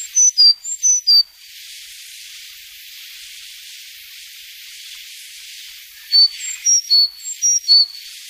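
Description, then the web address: Sakhalin leaf warbler giving two phrases of high, thin alternating notes, the first short, then about five seconds of quiet before a longer second phrase. "sikioto. ezomushikui"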